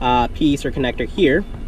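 A gray wiring connector is being handled to go into a blue mating connector behind the dash trim of a 2012 Honda Civic during a repair for an inoperative aux input. Someone talks over a low background hum. The connector has not seated or clicked yet.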